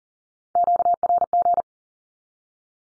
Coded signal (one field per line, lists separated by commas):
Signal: Morse code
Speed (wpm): 37 wpm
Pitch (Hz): 700 Hz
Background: none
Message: QRG